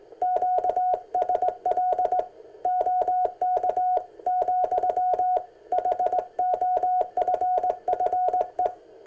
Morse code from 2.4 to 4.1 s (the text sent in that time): OK